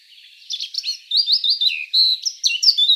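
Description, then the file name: Eurasian blackcap song: a bright, loud string of fluty whistles and quick slurred notes, sweeping up and down in a lively phrase. "Sylvia atricapilla"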